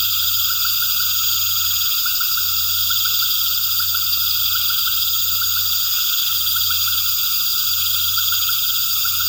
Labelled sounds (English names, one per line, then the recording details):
none
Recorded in pastures near Puerto Asís, Putumayo, Colombia, on 8 March 2025 at 19:00
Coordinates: 0.472, -76.329
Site G074